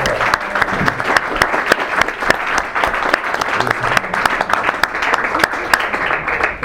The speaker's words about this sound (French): et demander un applaudissement pour nos amis qui sont ici présents.